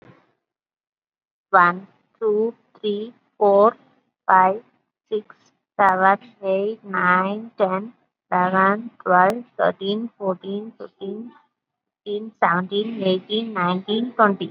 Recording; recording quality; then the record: counting at a normal pace; excellent, no background noise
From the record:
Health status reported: COVID-19 positive, moderate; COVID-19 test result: positive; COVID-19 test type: RT-PCR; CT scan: taken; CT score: 8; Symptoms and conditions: cough, cold, breathing difficulty, fever, fatigue, loss of smell and taste, another condition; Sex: female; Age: 43 years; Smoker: no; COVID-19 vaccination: none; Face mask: worn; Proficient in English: no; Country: India